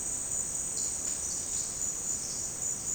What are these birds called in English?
none